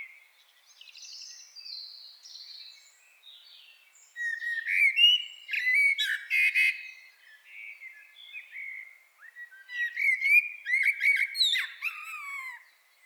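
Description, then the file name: Common blackbird singing: mellow warbled phrases mixed with thin, squeaky high twitters. "Turdus merula"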